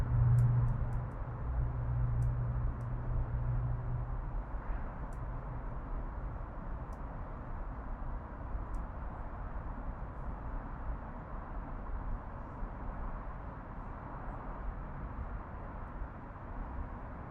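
Urban backyard in Oakland, CA, filled with a steady low rumble of traffic that stays even throughout. A deeper engine-like hum stands out in the first few seconds, then fades. A few faint, sharp ticks and clicks appear sporadically in the early and middle part.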